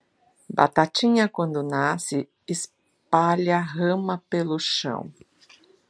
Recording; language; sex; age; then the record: short text; Brazilian Portuguese; female; 60 to 69 years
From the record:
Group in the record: control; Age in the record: 61 years